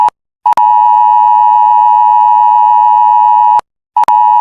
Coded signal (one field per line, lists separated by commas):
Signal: Emergency Alert System (SAME) tones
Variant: 853 and 960 Hz attention tone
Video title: Hong Kong Mock EAS Scenario - ￼Tai Po Wang Fuk Court (大埔宏福苑) Fires